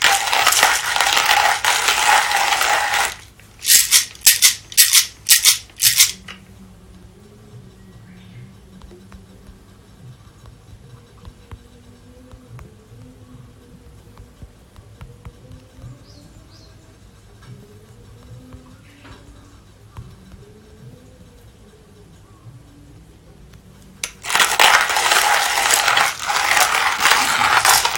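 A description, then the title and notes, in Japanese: Roasting Mocha blend coffee: loud rushing hiss, a few short bursts, then a long low hum with faint wavering tones before the hiss returns. 今朝は”モカブレンド”を焙煎。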